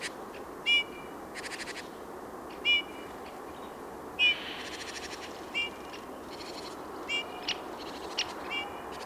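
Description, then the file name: Eurasian bullfinch calls: short, soft piping whistles given singly every second or two, with intermittent buzzy pulsed bursts and steady background hiss. "Pyrrhula pyrrhula"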